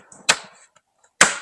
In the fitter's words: it pushes in it snaps in like that you can hear it snaps into place it holds itself